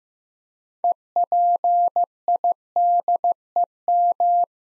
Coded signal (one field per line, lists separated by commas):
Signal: Morse code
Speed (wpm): 15 wpm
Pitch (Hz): 700 Hz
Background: none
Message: EPIDEM